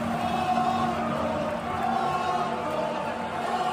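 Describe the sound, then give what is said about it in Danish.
Football spectators in a stadium shout racist chants, calling out the Spanish word for monkey, "mono", at a player, in a dense, steady roar that holds at an even loudness throughout, with no single voice standing out from the mass of noise. “Og tilskuere, der råber det spanske ord for abe, mono.”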